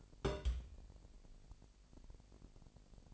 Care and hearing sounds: daily activity, microphone in the room; place on stove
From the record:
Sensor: 5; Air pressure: 1002.1 hPa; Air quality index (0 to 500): 248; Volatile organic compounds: 9 ppm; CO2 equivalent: 2160 ppm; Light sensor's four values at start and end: 20/44/19/21 and 20/43/19/21

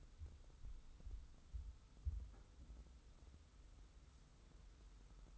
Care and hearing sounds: daily activity, microphone in the room; wipe stove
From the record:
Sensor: 3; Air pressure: 990.5 hPa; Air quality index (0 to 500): 184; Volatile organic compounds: 1000 ppm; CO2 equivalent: 5992 ppm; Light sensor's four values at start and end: 46/108/44/42 and 46/108/44/42

